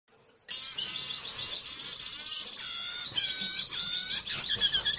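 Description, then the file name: Diamond firetail bursting into continuous high twittering song, with rapid pulsed chirps and a few lower nasal notes. "canto do diamante sparrow"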